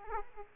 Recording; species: mosquito wingbeat signal from an infrared sensor; Aedes aegypti